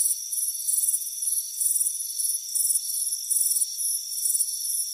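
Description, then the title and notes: Crickets chirp in quick uneven high trills, close to two bursts per second, over a soft continuous high whine. Chirping on a warm afternoon by a front porch. "Soothing Crickets Chirping Sound. It's a warm afternoon as you relax in a hammock on the front porch. Deep Sleep Sounds"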